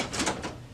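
A new laser toner cartridge is slid along the side guides into an HP LaserJet P3015 printer, giving soft sliding and scraping sounds with a couple of brief rustling bursts around 0.2 to 0.3 s and 0.45 s. The cartridge has not clicked into place or seated yet.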